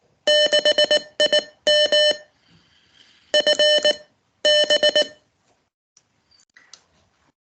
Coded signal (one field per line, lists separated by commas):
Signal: Morse code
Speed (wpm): 19 wpm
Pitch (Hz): 600 Hz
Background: none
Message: 6IM F B